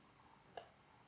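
A too-small screwdriver turning a tiny screw in a watch movement slips, its blade camming out and grinding on the screw head. A single sharp click sounds at 0.6 s against a quiet background. The screw head is stripped.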